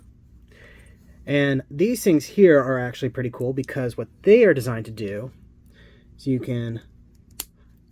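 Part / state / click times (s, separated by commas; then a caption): plastic model kit armor piece connecting to another kit piece / seated / 7.4 s. Someone talks while two plastic armor pieces from a brown 30 Minute Mission Alto (Ground Type) snap-fit model kit are pushed together. After a pause, a single sharp, bright click sounds at 7.4 s as the pieces seat and connect.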